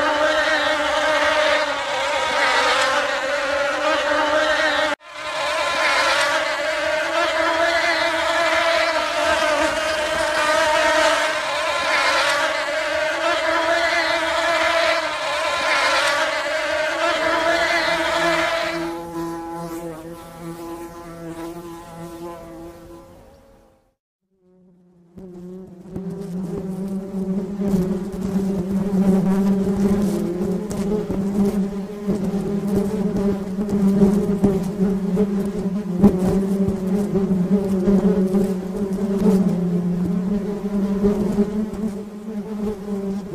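Bees hum steadily and densely, a buzzing drone with a bright upper edge for the first twenty seconds. The tone then drops lower and softer, nearly fades out around twenty-four seconds, and returns as a deeper, rougher buzz that continues to the end.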